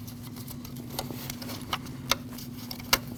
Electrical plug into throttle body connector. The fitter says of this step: plug it in. Make sure you hear that click.